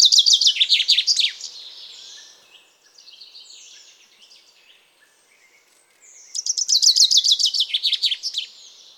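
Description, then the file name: Common chaffinch song: the tail of one phrase, a few faint scattered notes, then a full loud phrase of repeated falling notes ending in a flourish. "Fringilla coelebs"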